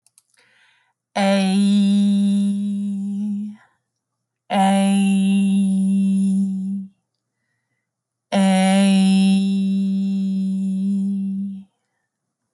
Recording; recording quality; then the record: sustained vowel as in made; moderate, slight background noise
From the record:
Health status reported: respiratory illness, not identified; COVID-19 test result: negative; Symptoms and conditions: cough, asthma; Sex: female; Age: 46 years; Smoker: not ticked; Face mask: not worn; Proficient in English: yes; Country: France